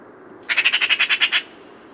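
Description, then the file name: Eurasian magpie giving one short rattling chatter of about ten harsh, evenly spaced notes, lasting roughly one second. "Pica pica"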